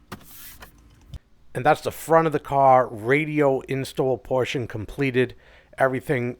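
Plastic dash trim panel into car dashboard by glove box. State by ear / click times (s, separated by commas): seated / 0.1 s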